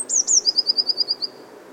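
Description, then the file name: Eurasian blue tit call: two very high thin sliding notes, then a quick even trill of about eight short notes, fading out. "Cyanistes caeruleus"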